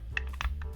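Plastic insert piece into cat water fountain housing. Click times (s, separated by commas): 0.2 s, 0.4 s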